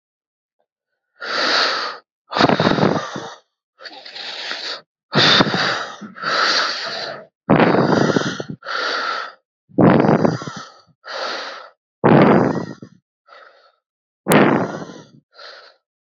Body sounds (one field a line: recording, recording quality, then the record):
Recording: deep breathing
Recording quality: excellent, no background noise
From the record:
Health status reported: COVID-19 positive, mild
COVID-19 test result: positive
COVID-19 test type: RT-PCR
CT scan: not taken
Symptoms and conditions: cold, sore throat, fever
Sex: male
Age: 24 years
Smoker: no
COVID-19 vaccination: both doses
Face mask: not worn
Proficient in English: no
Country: India